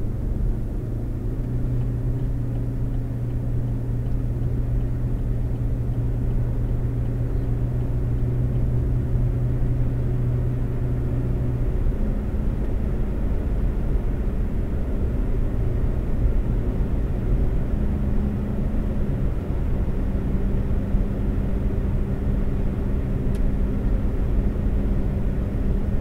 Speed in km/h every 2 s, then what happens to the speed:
76, 82, 87, 92, 97, 100, 101, 105, 108, 109, 109, 111, 113.
0-26 speeds up to 113.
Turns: none.